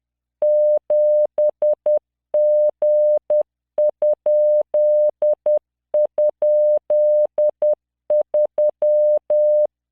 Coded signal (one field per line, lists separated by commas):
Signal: Morse code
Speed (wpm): 10 wpm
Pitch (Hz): 600 Hz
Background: none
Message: 7G??3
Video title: tamanのモールス練習動画82（モールス信号 速度10WPM morse code)